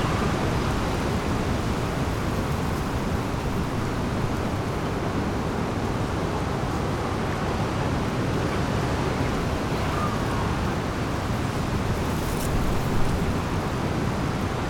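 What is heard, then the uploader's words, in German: Water rushes without pause at the Rahe lock, a thick, even roar weighted toward the low end with a hiss over the top. The level barely shifts across the whole stretch; a brief, faint high squeak rises around the twelve-second mark. Mittagspause an der Schleuse Rahe.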